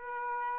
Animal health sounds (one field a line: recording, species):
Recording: mosquito wingbeat signal from an infrared sensor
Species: Aedes albopictus